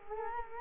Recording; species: mosquito wingbeat signal from an infrared sensor; Culex quinquefasciatus